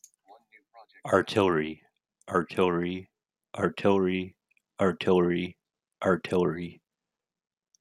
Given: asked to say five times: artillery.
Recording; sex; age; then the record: repeated word; male; 40 to 49 years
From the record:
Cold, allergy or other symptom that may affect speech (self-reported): no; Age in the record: 48 years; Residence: Oregon, United States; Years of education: 14